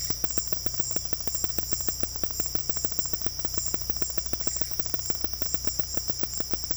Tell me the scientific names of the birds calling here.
none